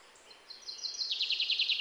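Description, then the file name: Common chaffinch song: a brief, high-pitched run of notes that speeds up and drops into a rapid, lower trill at the end. "Fringilla coelebs"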